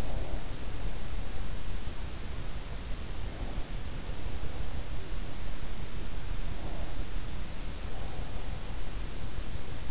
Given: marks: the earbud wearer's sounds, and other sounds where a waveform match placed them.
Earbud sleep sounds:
sounds in sleep by an in-ear microphone; breath
0.00-0.58 s: breath

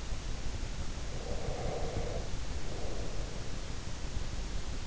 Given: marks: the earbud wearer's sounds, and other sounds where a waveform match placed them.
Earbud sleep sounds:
sounds in sleep by an in-ear microphone; breath
0.80-3.66 s: breath

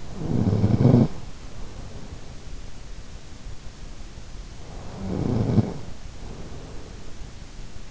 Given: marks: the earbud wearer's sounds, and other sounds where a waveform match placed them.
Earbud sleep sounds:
sounds in sleep by an in-ear microphone; snoring breath
0.00-2.58 s: snoring breath
4.84-7.37 s: snoring breath

